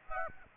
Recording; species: mosquito wingbeat signal from an infrared sensor; Aedes aegypti